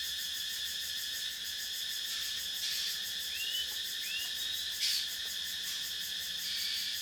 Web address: Charlie Atanasyan - Thailand sound library by Faunethic Forest cicadas insects and birds at night